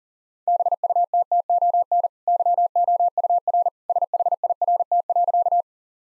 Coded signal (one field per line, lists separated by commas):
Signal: Morse code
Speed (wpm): 40 wpm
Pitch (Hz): 700 Hz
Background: none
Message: BUTTON YOUR SHIRT.